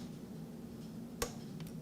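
A plastic push pin on a stock CPU cooler is pressed through a motherboard mounting hole and snaps in with a sharp, bright click at 1.2 s, confirming it has seated. Two fainter ticks follow at about 1.6 s and 1.7 s over a steady low background hum.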